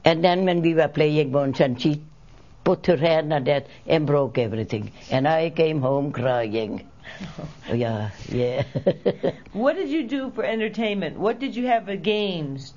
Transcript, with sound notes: And then when we were playing once, and she put her hand on that and broke everything, and I came home crying. Yeah. ( she laughs )
What did you do for entertainment? What did you have for games?